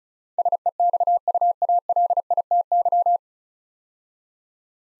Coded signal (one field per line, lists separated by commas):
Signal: Morse code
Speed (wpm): 36 wpm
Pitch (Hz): 700 Hz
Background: none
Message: SEXUALITY